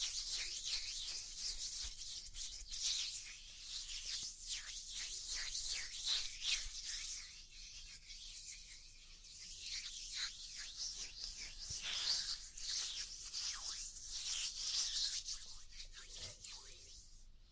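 Oil ear massage: a continuous, dense rubbing and squishing with quick repeated strokes, bright and hissy with little low sound. The strokes come in rhythmic bursts throughout, easing slightly in loudness toward the end around sixteen seconds.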